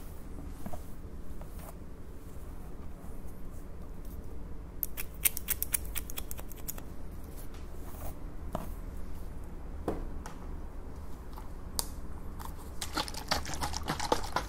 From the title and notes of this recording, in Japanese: (ASMR)ハサミでカット。ホワイトノイズよりの音となります。